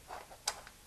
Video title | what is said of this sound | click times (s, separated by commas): Bogen 577 Quick Release | you'll hear it click when it latches into place listen | 0.5 s